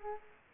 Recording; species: mosquito wingbeat signal from an infrared sensor; Culex quinquefasciatus